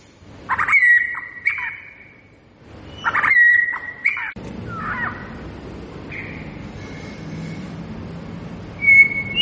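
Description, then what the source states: White-rumped shama uttering harsh squawking notes with short whistles, followed by scattered whistles over a steady background noise. Lure recording of a lively, vigorously singing (gacor) white-rumped shama, meant to make listening birds respond.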